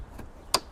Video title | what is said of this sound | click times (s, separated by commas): How to: Mazda 3 Replace Outer Tail Light Change (2010 Mazda3 Hatch BL Driver Tailight #mazda3 DIY) | As you heard, it clicked in place. | 0.5 s